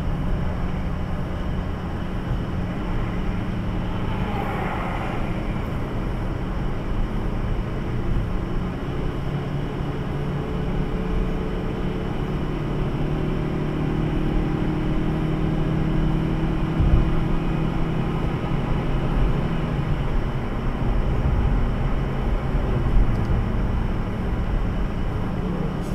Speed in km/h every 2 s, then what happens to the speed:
63, 64, 65, 62, 63, 65, 68, 69, 72, 71, 71, 64, 65.
0-7 steady at about 63. 7-16 speeds up to 72. 20-22 brakes to 64.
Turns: none.